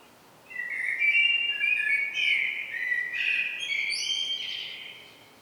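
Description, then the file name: Common blackbird song: a long mellow warbling phrase of whistled notes that breaks into a higher, squeaky twittering flourish near its close. "Turdus merula"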